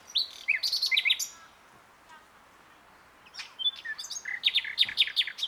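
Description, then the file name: Common nightingale producing dense, varied high chirps and quick notes in two busy bursts with a short pause between. "Luscinia megarhynchos"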